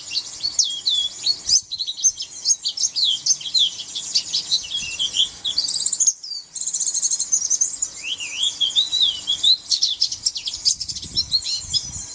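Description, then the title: White-eye song, a fast run of high, thin twittering notes with a lower, rising and falling whistled phrase in the second half. "Pleci"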